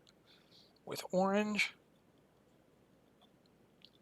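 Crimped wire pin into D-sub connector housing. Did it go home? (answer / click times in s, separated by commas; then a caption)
partly / 3.8 s. Someone talks briefly while the crimped pin on an orange signal ground wire is pushed into position seven of a D-sub serial connector housing for an AT&T 3B2. A faint click is heard at 3.9 s, but the pin is not fully seated in the connector shell.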